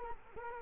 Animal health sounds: mosquito wingbeat signal from an infrared sensor; Culex quinquefasciatus

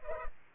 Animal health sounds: mosquito wingbeat signal from an infrared sensor; Culex pipiens

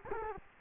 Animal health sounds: mosquito wingbeat signal from an infrared sensor; Culex quinquefasciatus

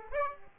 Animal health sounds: mosquito wingbeat signal from an infrared sensor; Aedes aegypti

